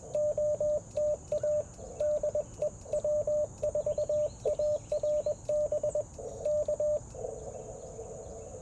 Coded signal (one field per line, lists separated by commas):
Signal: Morse code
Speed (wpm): 21 wpm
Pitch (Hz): 600 Hz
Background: none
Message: OTA DE W4ARB K